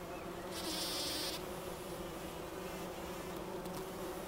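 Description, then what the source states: Bumblebee humming low and steadily, with a brief hissing burst early on and some light clicks near the end. Wülfel, Hannover, Germany.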